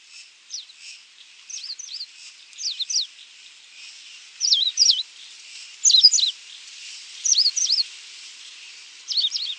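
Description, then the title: Coal-crested finch calls: short, high, sharply wavering notes, often in twos or threes, given in irregular bursts with brief pauses between them. "LuckyPassaro Completos2Sama. Coal-crested Finch (Charitospiza eucosma)"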